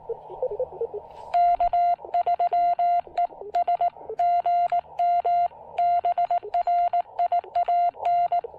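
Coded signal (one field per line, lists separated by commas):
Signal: Morse code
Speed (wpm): 19 wpm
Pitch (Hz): 690 Hz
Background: none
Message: K3ES GM BRIAN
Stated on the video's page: Park activation (POTA) powered by solar through a BuddyPole PowerMini 2 charge controller.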